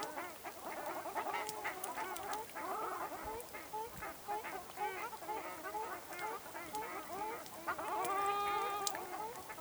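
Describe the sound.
Ruddy shelduck honks in a busy, overlapping chorus, rapid nasal notes tumbling together, with a louder drawn-out call near the end.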